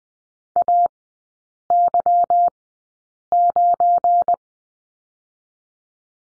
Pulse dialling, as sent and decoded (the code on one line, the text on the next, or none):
none